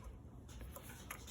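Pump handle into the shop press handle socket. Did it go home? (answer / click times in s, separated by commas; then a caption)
yes / 1.1 s. The steel pump handle of a TCE 50-ton shop press is fitted onto its socket, where a spring-loaded rod pops out to lock it. A small, sharp click at 1.1 s marks the handle locking in place, after faint softer ticks.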